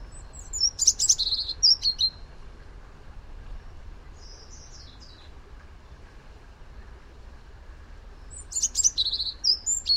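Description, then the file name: European robin song: a burst of high, thin, twittering notes, a quieter warble midway, then another sparkling phrase near the end, with long pauses between and steady low background hiss. "Erithacus rubecula"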